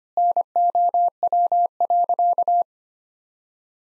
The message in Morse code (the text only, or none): NOW.